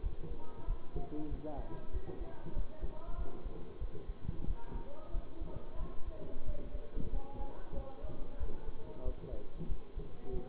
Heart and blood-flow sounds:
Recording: heart sounds by stethoscope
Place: between the tricuspid and mitral areas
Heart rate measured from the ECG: 93 bpm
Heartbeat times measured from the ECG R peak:
0.00 s: heartbeat
0.64 s: heartbeat
1.28 s: heartbeat
1.90 s: heartbeat
2.53 s: heartbeat
3.15 s: heartbeat
3.78 s: heartbeat
4.44 s: heartbeat
5.11 s: heartbeat
5.76 s: heartbeat
6.44 s: heartbeat
7.09 s: heartbeat
7.73 s: heartbeat
8.37 s: heartbeat
9.02 s: heartbeat
9.66 s: heartbeat
10.30 s: heartbeat
From the record:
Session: bicycle stress test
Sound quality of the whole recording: good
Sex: male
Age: 24 years

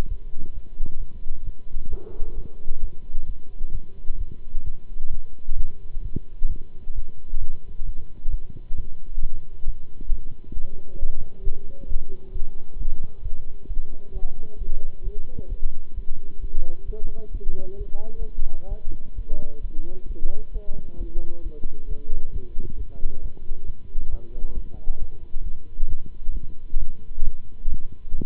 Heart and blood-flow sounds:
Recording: heart sounds by stethoscope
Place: between the tricuspid and mitral areas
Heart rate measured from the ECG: 133 bpm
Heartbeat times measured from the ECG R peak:
0.07 s: heartbeat
0.53 s: heartbeat
0.98 s: heartbeat
1.43 s: heartbeat
1.88 s: heartbeat
2.34 s: heartbeat
2.80 s: heartbeat
3.25 s: heartbeat
3.71 s: heartbeat
4.17 s: heartbeat
4.63 s: heartbeat
5.09 s: heartbeat
5.55 s: heartbeat
6.01 s: heartbeat
6.47 s: heartbeat
6.93 s: heartbeat
7.39 s: heartbeat
7.84 s: heartbeat
8.29 s: heartbeat
8.74 s: heartbeat
9.19 s: heartbeat
9.64 s: heartbeat
10.08 s: heartbeat
10.53 s: heartbeat
10.98 s: heartbeat
11.42 s: heartbeat
11.87 s: heartbeat
12.31 s: heartbeat
12.77 s: heartbeat
13.21 s: heartbeat
13.66 s: heartbeat
14.12 s: heartbeat
14.57 s: heartbeat
15.02 s: heartbeat
15.48 s: heartbeat
15.94 s: heartbeat
16.39 s: heartbeat
16.85 s: heartbeat
17.31 s: heartbeat
17.77 s: heartbeat
18.17 s: heartbeat
18.68 s: heartbeat
19.14 s: heartbeat
19.60 s: heartbeat
20.06 s: heartbeat
20.52 s: heartbeat
20.97 s: heartbeat
21.42 s: heartbeat
21.87 s: heartbeat
22.32 s: heartbeat
22.76 s: heartbeat
23.21 s: heartbeat
23.65 s: heartbeat
24.09 s: heartbeat
24.53 s: heartbeat
24.98 s: heartbeat
25.43 s: heartbeat
25.87 s: heartbeat
26.32 s: heartbeat
26.77 s: heartbeat
27.22 s: heartbeat
27.67 s: heartbeat
28.13 s: heartbeat
From the record:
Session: Bruce protocol treadmill stress test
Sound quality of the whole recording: good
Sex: male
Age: 26 years

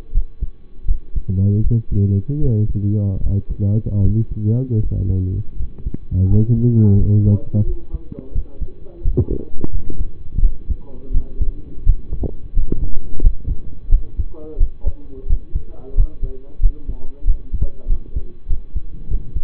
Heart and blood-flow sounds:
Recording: heart sounds by stethoscope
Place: between the tricuspid and mitral areas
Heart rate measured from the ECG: 85 bpm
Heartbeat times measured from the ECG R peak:
0.11 s: heartbeat
0.85 s: heartbeat
1.61 s: heartbeat
2.39 s: heartbeat
3.20 s: heartbeat
4.01 s: heartbeat
4.80 s: heartbeat
5.56 s: heartbeat
6.27 s: heartbeat
6.95 s: heartbeat
7.64 s: heartbeat
8.32 s: heartbeat
9.02 s: heartbeat
9.70 s: heartbeat
10.40 s: heartbeat
11.11 s: heartbeat
11.83 s: heartbeat
12.53 s: heartbeat
13.21 s: heartbeat
13.89 s: heartbeat
14.57 s: heartbeat
15.26 s: heartbeat
15.94 s: heartbeat
16.60 s: heartbeat
17.24 s: heartbeat
17.87 s: heartbeat
18.47 s: heartbeat
19.08 s: heartbeat
From the record:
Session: rest, lying down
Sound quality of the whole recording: partially saturated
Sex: male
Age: 25 years

